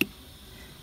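The hinged lid of a ProCoater fiber recoater is pressed shut over the recoat mold, which holds the spliced fiber with its clamps set. A single sharp click sounds at 0.0 s as the lid latches, followed by quiet background. The lid is seated and closed.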